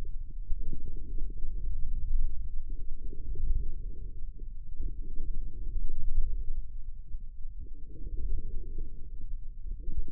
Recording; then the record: forearm muscle sounds (acoustic myography)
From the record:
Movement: inward rotation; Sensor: system 2, bracelet of six BSWA MPA416 microphones around the upper forearm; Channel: 6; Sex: male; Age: 22 years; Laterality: right